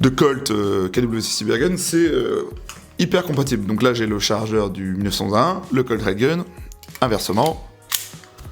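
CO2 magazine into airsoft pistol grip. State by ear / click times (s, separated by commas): seated / 7.9 s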